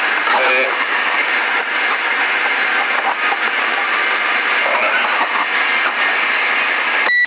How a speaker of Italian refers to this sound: Scusate, in Sadelta con il microfono, con questo qua si può mettere l'eco, guarda, dai, aspetta.